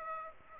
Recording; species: mosquito wingbeat signal from an infrared sensor; Aedes aegypti